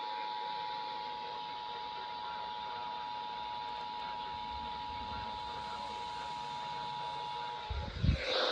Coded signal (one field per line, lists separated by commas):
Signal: Emergency Alert System (SAME) tones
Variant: 853 and 960 Hz attention tone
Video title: A FIRST IN 14 YEARS... Severe Weather EAS Alert Compilation - 9/6/25 (EAS #2,306 - 2,370)